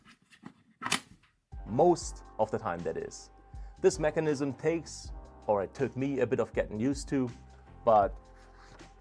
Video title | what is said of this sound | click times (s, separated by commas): VSGO BLACK SNIPE 25L CAMERA BACKPACK REVIEW + Give away | it basically snaps back in place on its own | 0.9 s